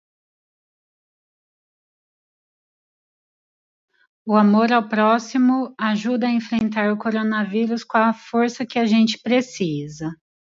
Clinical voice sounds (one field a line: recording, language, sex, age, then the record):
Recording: spoken sentence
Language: Brazilian Portuguese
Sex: female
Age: 40 to 49 years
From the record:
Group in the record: control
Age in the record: 40 years